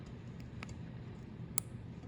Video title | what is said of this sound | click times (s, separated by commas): Soldering a Sterling Silver Ring | here let's see if you can hear that click | 1.6 s